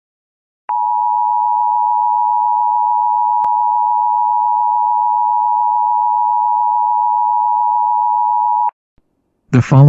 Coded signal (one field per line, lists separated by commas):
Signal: Emergency Alert System (SAME) tones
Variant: 853 and 960 Hz attention tone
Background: speech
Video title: Beyond The Index: An EAS Scenario